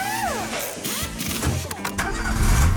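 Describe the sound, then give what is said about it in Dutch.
A car engine starts: a whining starter sweeps up and down in pitch, then the motor catches and settles into a steady low rumble that swells louder toward the end. “Wel altijd kunnen rekenen op je auto?”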